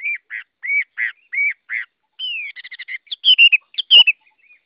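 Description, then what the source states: Chinese hwamei song made of repeated arched whistles about every third of a second, then a long sliding whistle and quick loud varied notes. Song sung in the forest style called giọng rừng.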